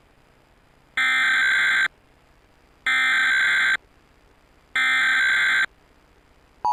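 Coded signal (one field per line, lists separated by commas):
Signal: Emergency Alert System (SAME) tones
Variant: header bursts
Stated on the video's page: National EAS test recorded off Nickelodeon via Suddenlink cable.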